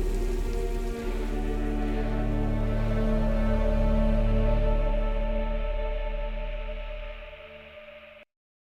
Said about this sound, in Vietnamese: Trong buổi tối tĩnh mịch, dưới cơn mưa tầm tã, bóng dáng tòa biệt thự cao to hiện lên lạnh lẽo, âm u đến đáng sợ.